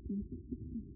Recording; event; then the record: neck accelerometer signal played as sound; no cough (speech, laughter, throat clearing or background)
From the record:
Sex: male